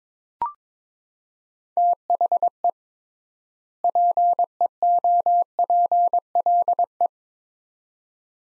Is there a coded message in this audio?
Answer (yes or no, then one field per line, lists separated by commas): yes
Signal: Morse code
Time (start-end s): 1.8-7.1 s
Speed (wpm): 22 wpm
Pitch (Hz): 700 Hz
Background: none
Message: THE PEOPLE